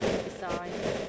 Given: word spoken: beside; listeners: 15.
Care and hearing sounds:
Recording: one English word in noise, from a listening test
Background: noise modulated by three-talker babble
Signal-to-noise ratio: -4.8 dB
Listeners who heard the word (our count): 2 of 15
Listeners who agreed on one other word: 7 of 15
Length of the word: 0.69 s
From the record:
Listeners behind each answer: 7, 2, 1, 1, 1, 1, 1, 1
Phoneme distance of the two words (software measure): 30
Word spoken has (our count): 2 syllables, 5 phonemes, stress on syllable 2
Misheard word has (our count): 2 syllables, 5 phonemes, stress on syllable 2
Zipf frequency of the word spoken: 4.13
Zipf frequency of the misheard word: 4.76

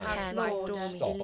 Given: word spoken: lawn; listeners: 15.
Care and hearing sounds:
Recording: one English word in noise, from a listening test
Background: four-talker babble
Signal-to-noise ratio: -2.6 dB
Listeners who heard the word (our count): 0 of 15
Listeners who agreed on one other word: 9 of 15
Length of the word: 0.83 s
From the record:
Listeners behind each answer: 9, 2, 1, 1, 1, 1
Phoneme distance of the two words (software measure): 20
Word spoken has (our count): 1 syllable, 3 phonemes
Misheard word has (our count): 1 syllable, 3 phonemes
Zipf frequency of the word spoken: 3.94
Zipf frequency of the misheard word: 5.39

